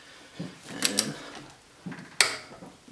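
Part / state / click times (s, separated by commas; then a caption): torque wrench on axle nut in steering knuckle hub / torque reached / 2.2 s. A torque wrench without an extension tightens the front axle nut in the steering knuckle hub of a Honda Civic to 134 ft-lbs. After some metallic clinks and rustling, the wrench gives a sharp click at its setting at 2.2 s, confirming the nut is torqued.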